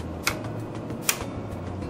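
A laminate cassette, fitted onto its spindle in the lamination module of a Zebra ZXP Series 8 retransfer card printer, is secured with its latch over a steady low hum. Two sharp clicks at 0.3 s and 1.1 s mark the latch engaging. The cassette is seated and installed.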